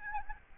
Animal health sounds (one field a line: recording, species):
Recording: mosquito wingbeat signal from an infrared sensor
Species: Aedes albopictus